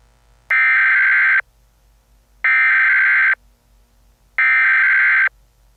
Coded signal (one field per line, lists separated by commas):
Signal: Emergency Alert System (SAME) tones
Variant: header bursts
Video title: EAS Scenario #57: Project Gray